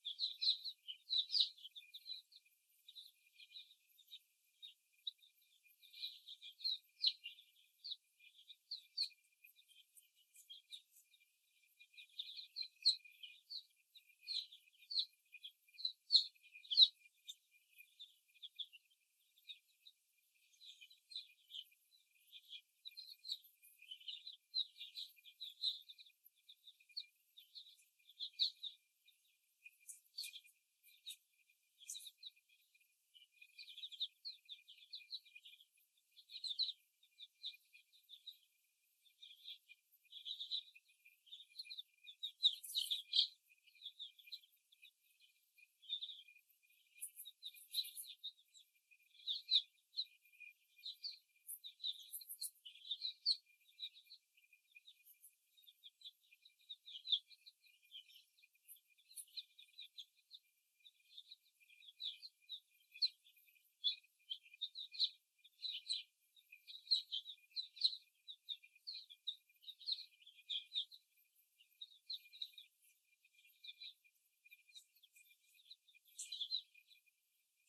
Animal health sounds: young laying hens in a cage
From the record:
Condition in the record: before the stressor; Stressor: simulated dog barking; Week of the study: 1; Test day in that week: 2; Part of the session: 4

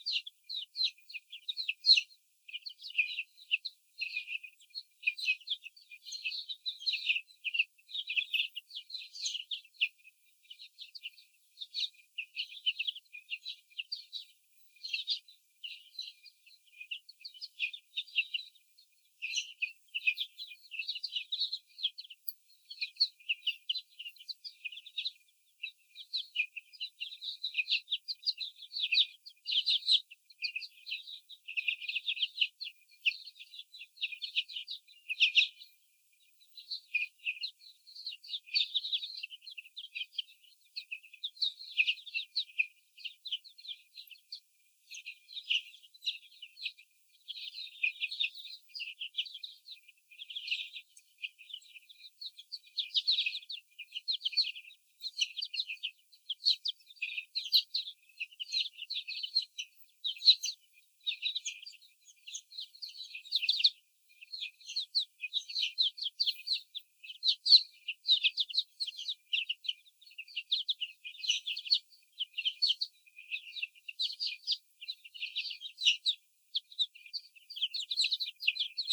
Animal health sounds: young laying hens in a cage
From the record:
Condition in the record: before the stressor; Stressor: sudden umbrella opening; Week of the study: 3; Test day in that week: 2

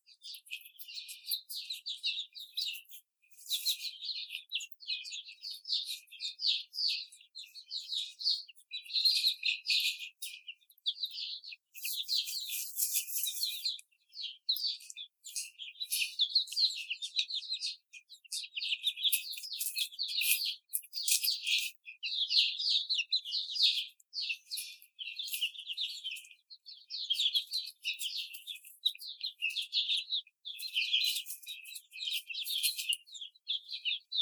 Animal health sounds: young laying hens in a cage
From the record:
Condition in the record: after the stressor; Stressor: simulated dog barking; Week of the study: 4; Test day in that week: 2

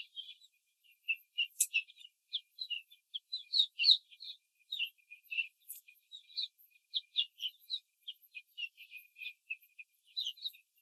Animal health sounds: young laying hens in a cage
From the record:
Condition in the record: control cage, after the stress test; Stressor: none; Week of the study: 4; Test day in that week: 3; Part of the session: 3

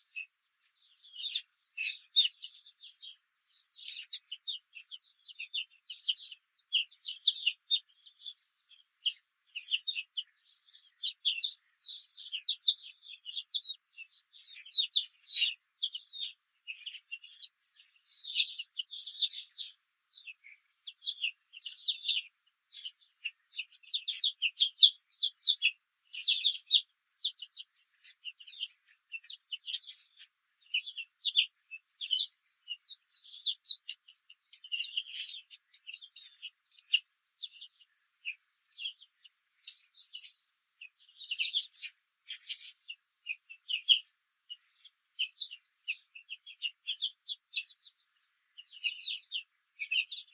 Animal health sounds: young laying hens in a cage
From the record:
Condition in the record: control cage, after the stress test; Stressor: none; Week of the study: 4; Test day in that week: 1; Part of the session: 2

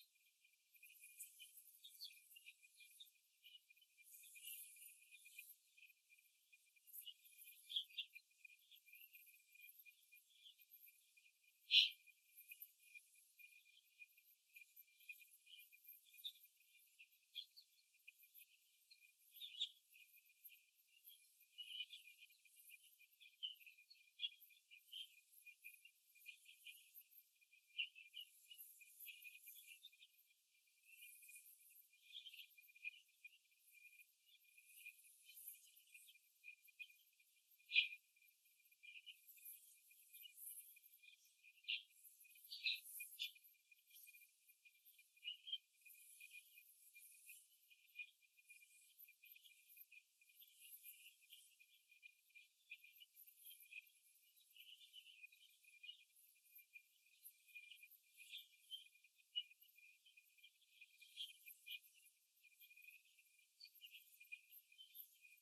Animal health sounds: young laying hens in a cage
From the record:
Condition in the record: after the stressor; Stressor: simulated dog barking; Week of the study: 2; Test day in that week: 2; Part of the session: 4

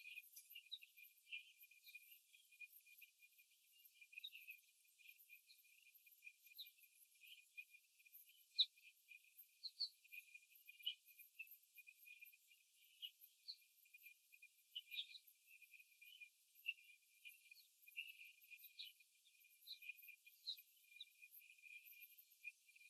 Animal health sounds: young laying hens in a cage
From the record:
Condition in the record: after the stressor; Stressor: simulated dog barking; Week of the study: 3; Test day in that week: 1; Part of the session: 2

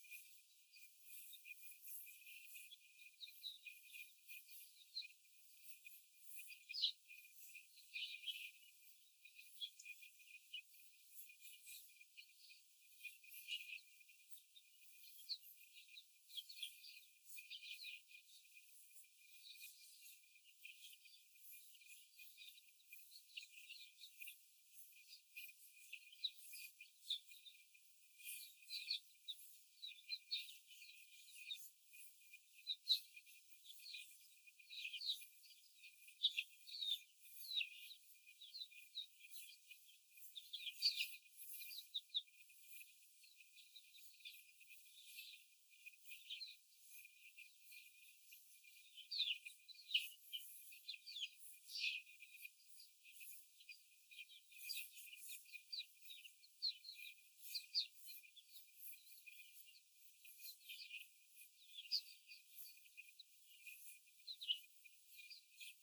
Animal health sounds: young laying hens in a cage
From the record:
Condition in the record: before the stressor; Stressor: simulated dog barking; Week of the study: 4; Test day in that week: 1

